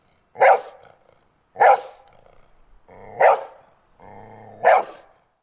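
Dog giving four loud barks, with a low whining, growling tone drawn out between the third and fourth barks.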